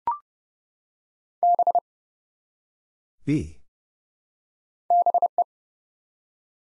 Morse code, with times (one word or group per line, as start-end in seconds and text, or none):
1.4-1.8 B
4.9-5.4 BE